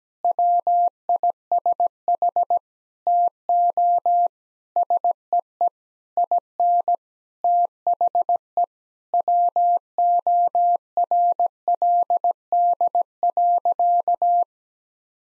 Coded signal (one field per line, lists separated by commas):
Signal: Morse code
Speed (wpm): 17 wpm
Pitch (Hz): 700 Hz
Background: none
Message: WISH TO SEE IN THE WORLD.